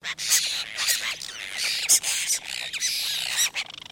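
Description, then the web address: Apostlebirds calling as a group, harsh scratchy chattering notes overlapping in quick bursts, with a few sharper squeaky whistles mixed in. A group calling together. "Foundation Updates BIRD APOSTLE BIRD GROUP CALL"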